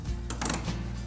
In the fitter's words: on each side make sure you hear multiple clicks that is locked in position now